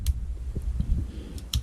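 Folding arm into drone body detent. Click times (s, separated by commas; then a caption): 0.1 s, 1.5 s. Spring-loaded plastic folding arms of an MJX Bugs V1 mini camera drone are unfolded and folded into the drone body, each locking into place with a detent click. Sharp clicks sound at 0.1 s and 1.5 s over a low background rumble, with a fainter tick near 1.4 s. The arms are confirmed locked in position.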